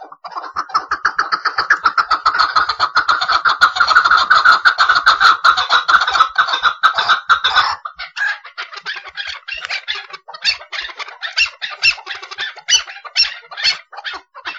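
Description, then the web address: Chukar partridge giving fast, harsh, clucking notes in a dense rhythmic series, steady at first and then breaking into scattered, choppy notes. "aswat Hajal Jabali"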